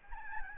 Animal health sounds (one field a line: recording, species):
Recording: mosquito wingbeat signal from an infrared sensor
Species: Aedes albopictus